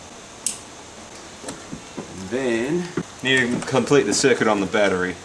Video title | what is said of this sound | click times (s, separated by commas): 12 Volt Jeep assembly instructions | on the bottom just connect that together until it clicks | 0.5 s